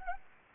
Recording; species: mosquito wingbeat signal from an infrared sensor; Anopheles gambiae